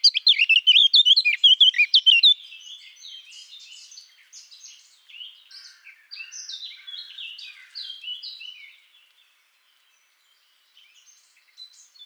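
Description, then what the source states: Eurasian blackcap song: a loud rapid warbling burst for two seconds, then softer chattering and scratchy phrases trailing off, with a few faint notes near the end. Recorded 17 June 2014 in Garching.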